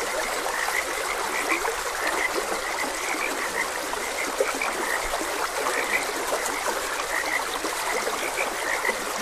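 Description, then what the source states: Steady frog chorus, brief high croaks repeating and overlapping, with a fairly loud stream gurgling and rushing underneath. Frogs croaking beside a gentle stream.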